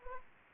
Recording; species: mosquito wingbeat signal from an infrared sensor; Anopheles arabiensis